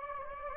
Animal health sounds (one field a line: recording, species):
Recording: mosquito wingbeat signal from an infrared sensor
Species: Anopheles gambiae